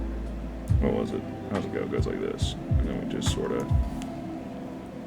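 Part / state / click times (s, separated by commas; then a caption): plastic model kit part into mating part / not seated / none. A plastic model kit part is pressed into its mating part while someone talks over a low background hum, with a few soft handling bumps and no sharp click. Nothing has seated or clicked yet.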